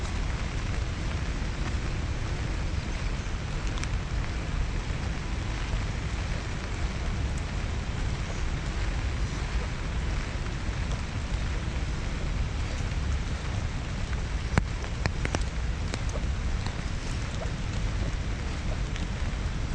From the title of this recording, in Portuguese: Caminhando na chuva no Central Park em Manhattan Nova York